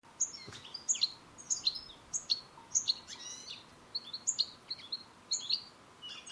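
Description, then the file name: European goldfinch calls, crisp high notes given in quick pairs and triplets, with short pauses between bursts. "Carduelis carduelis"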